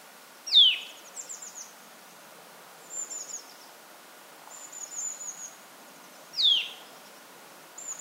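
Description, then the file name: Eurasian nuthatch calls: a single loud, sharply falling note, then a second about six seconds later, with faint, very high, thin notes in between. "Sitta europaea"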